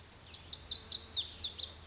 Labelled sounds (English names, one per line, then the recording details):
Pacific Wren
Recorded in Sonoma County, California